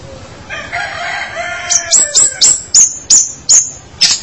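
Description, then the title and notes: Long-tailed shrike song opens with a drawn-out nasal, harmonic phrase, then breaks into quick, high whistled chips repeated several times. Dated 201703 (March 2017). "Pentet 201703. Suara burung pentet"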